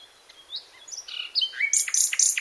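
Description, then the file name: Common nightingale song: thin rising whistles and varied chirps build into loud, rapid high buzzy and trilled notes in the last second. "Luscinia megarhynchos"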